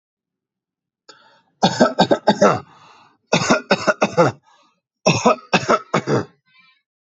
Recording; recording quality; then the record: heavy voluntary cough; excellent, no background noise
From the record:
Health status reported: respiratory illness, not identified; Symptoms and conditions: asthma, diabetes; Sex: male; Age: 40 years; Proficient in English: yes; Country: India